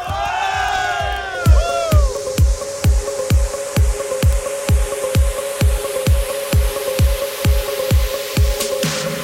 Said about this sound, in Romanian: Toată plaja, toată lumea care este adunată aici, în microfonul lui …, o să strige ahoi, da? 1, 2, 3 și...